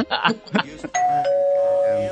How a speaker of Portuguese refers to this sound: Opa! Você ouviu alguma coisa? Estão gritando lá embaixo, estão chamando no interfone. Vou atender lá.